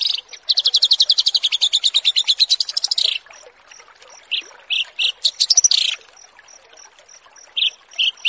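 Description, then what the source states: Bush lark song: a long run of rapid, evenly repeated high buzzy notes, then short separate chirps and a brief trill, with a faint repeated high pip behind. Song tutoring for cage birds.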